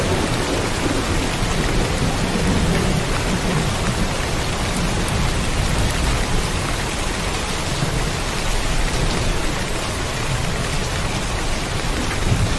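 Rain falls steadily and densely throughout, a constant hiss of drops with no sparse opening and no quieting. A deep low rumble runs underneath, suggesting distant thunder or heavy water, while faint individual drop ticks show through the wash.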